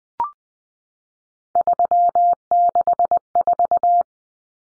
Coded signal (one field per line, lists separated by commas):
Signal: Morse code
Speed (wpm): 20 wpm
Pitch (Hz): 700 Hz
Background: none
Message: 364